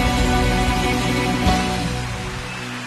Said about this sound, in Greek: ένα χειροκρότημα που αν δεν το έκοβα μπορεί να κράταγε δύο ώρες αυτό το χειροκρότημα.